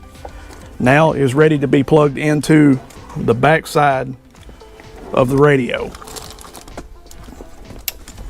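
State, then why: Seated. The main wiring harness plug, already routed through the interface box, is pushed into its socket on the back of an aftermarket Cidava 13-inch Tesla-style screen radio head unit for a 2014–2018 Silverado/Sierra. Someone talks over faint handling noises, then a sharp, loud snap rings out at 7.9 s as the connector seats fully.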